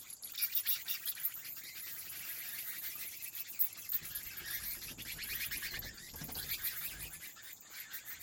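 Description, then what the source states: Bat wing flaps as rapid repeated wingbeat pulses, loud early flurries then steady fluttering, over a continuous high hiss. Wing flaps of bats recorded in a cave habitat.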